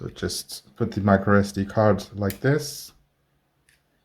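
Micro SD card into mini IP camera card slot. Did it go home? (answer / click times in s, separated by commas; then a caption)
yes / 3.7 s. A micro SD card is pushed into the card slot of a small A9 mini IP camera (365Cam) while someone talks. After the talking stops, a faint short click is heard at 3.7 s as the spring latch catches, and the card is seated and installed.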